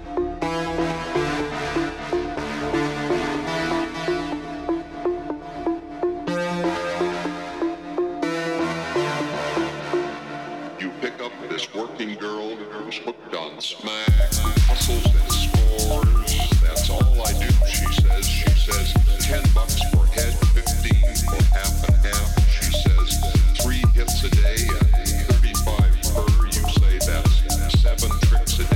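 Recorded at a Day of the Dead event in Tucson, Arizona: tonal music with voices and a murmuring crowd plays for the first fourteen seconds. Then a loud, steady drum beat enters abruptly and pounds fast and regularly to the end, over dense music.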